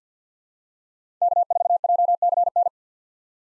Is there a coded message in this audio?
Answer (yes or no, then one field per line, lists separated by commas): yes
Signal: Morse code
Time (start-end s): 1.2-2.7 s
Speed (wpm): 50 wpm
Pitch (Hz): 700 Hz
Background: none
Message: K4JCN